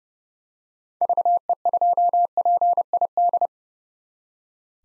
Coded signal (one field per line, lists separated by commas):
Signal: Morse code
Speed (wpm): 30 wpm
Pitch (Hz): 700 Hz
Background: none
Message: VE2PID